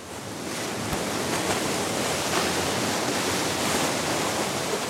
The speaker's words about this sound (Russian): Шлеп, шлеп, шлеп. Резво и как-то даже игриво бьют по воде плицы. Сбоку от защитных кожухов висит водная взвесь, в которой плещется веселая радуга.